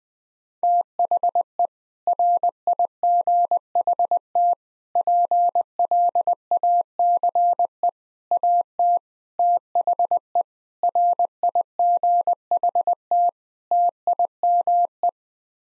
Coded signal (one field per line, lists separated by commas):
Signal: Morse code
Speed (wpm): 20 wpm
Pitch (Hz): 700 Hz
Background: none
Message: THE RIGHT PLACE AT THE RIGHT TIME